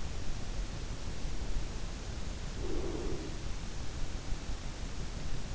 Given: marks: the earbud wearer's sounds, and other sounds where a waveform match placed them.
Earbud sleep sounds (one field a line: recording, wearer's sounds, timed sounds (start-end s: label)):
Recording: sounds in sleep by an in-ear microphone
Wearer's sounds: breath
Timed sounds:
2.43-3.60 s: breath